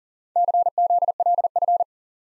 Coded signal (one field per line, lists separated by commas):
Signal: Morse code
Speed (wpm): 44 wpm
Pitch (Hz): 700 Hz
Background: none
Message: CZLF